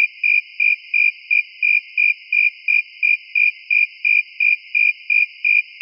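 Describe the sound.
Cricket chirping, a steady series of short, high pulsed chirps repeated about three times per second throughout, with no other sounds.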